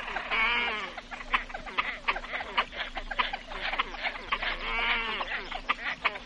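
Great crested grebe giving two wavering, nasal bleating calls separated by a spell of quick, dry ticking notes.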